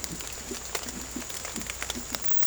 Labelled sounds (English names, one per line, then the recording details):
none
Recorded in secondary vegetation near Puerto Asís, Putumayo, Colombia, on 18 December 2024 at 00:30
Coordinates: 0.468, -76.324
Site G095